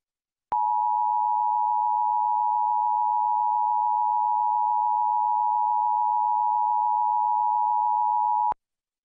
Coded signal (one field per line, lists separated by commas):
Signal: Emergency Alert System (SAME) tones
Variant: 853 and 960 Hz attention tone